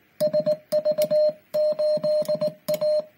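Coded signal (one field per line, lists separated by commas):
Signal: Morse code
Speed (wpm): 18 wpm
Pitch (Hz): 610 Hz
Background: music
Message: SV8A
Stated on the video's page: Ragchew CW QSO ending under heavy QRM from military radar.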